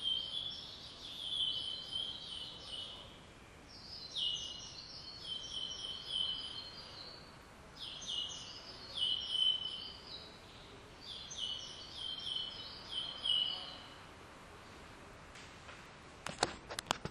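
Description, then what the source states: Bird song in short, high twittering phrases repeated about every four seconds, with a steady background hiss and a few clicks near the end. Quiet recording.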